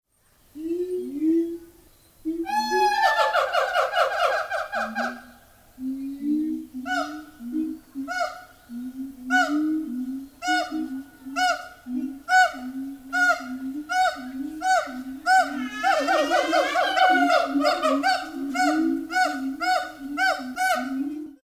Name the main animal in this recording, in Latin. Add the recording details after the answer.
Symphalangus syndactylus. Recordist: Tembrock, Günter. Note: Gesang